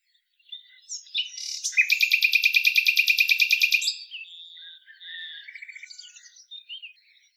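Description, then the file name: Common nightingale song: a soft lead-in followed by a long, loud, evenly spaced rapid series of repeated notes, then quieter warbled and trilled phrases. "Luscinia megarhynchos"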